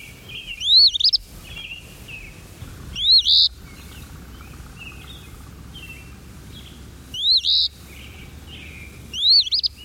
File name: easternphoebe